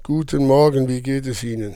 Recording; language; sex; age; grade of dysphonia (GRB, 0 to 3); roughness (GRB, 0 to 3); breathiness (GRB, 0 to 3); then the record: spoken sentence; German; male; 50 to 59 years; 2; 1; 2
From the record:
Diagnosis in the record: leukoplakia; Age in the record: 56 years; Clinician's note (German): Zustand nach Stütze, jetzt regelmäßiges Schwingungsbild